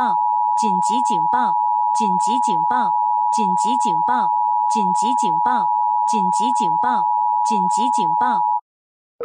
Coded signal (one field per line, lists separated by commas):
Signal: Emergency Alert System (SAME) tones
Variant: 853 and 960 Hz attention tone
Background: speech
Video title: ⚠️Rating EAS (A-Z) #23⚠️